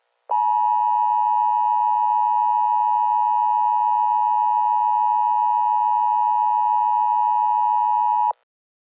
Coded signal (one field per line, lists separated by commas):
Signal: Emergency Alert System (SAME) tones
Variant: 853 and 960 Hz attention tone